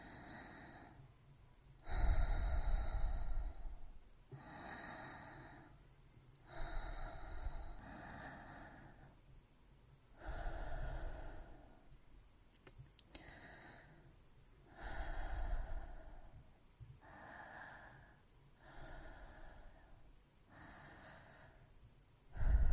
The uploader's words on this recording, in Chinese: 温柔的呼吸音摩擦音。